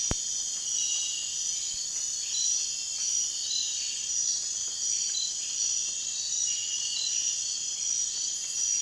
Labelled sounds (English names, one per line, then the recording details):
none
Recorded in dense forest near Puerto Asís, Putumayo, Colombia, on 19 June 2025 at 01:30
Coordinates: 0.466, -76.327
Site GP04